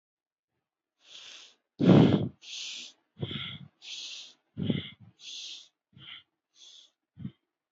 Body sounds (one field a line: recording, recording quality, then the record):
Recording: shallow breathing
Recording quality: excellent, no background noise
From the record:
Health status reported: healthy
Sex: male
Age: 23 years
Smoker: yes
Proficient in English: yes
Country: India